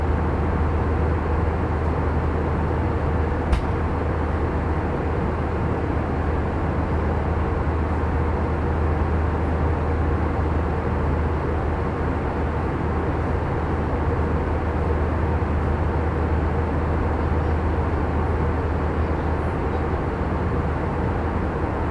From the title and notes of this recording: Full Flight From Ft.Lauderdale To San Juan, Puerto Rico. Plane Sounds, Flight Sounds. Engine Sounds, Mechanical Sounds.